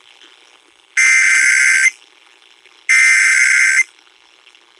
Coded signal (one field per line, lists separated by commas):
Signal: Emergency Alert System (SAME) tones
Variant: header bursts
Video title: NEW YEAR, NEW TESTS, NEW FORMAT! EAS Tests from January 2023